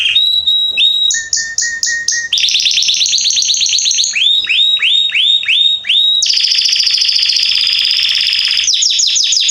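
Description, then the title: Belgian canary song, a loud continuous run of changing phrases: fast repeated whistled notes, descending slurs, then a dense buzzing trill near the end, with no pauses. Male Belgian canary named Salsa singing very strongly and a lot; used to warm up young birds. "Canary Training Esquente Seu Filhote E Canario Belga Em 30 Minutos Macho Cantando Muito. Canrio Belga Salsa cantando muito forte"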